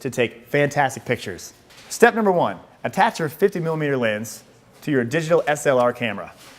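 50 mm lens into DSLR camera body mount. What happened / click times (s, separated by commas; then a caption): No seating click; the part has not gone home yet / none. A 50 mm lens is being handled for attachment to the bayonet mount of a digital SLR camera body, while a man talks throughout. No click is heard and nothing has seated yet, since the lens is not yet locked into the mount.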